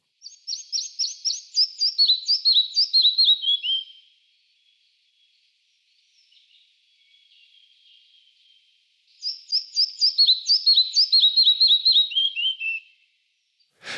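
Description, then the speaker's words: Red-breasted Flycatcher singing two phrases of quick, bright repeated notes that step downward in pitch, separated by several seconds of near silence. Song played for comparison with a child's imitation; said to be relatively common where the family lives in Germany but less familiar elsewhere in the country. "Wir werden an der Stelle nochmal den Zwergschnapper, den Gesang einblenden, damit ihr einen Vergleich habt."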